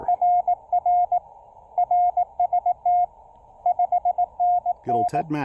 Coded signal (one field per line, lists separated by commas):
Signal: Morse code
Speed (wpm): 20 wpm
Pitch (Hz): 710 Hz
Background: speech, radio noise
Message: RR RST 5NN